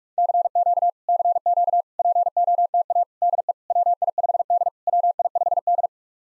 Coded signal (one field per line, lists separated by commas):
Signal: Morse code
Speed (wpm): 44 wpm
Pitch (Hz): 690 Hz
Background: none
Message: CQ CQ POTA DE WI5D WI5D